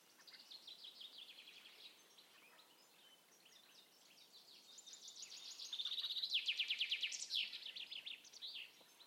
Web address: cianscape birddata Deverinetal 2025 File origin Bird Only